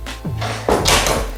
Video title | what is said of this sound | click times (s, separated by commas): Door Won't Close? Fix It in 5 Minutes! | that is the click | 0.7 s, 0.9 s